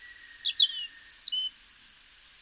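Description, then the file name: European robin singing a thin drawn-out whistle that leads into a quick jumble of high, sparkling, twittering notes. "Erithacus rubecula"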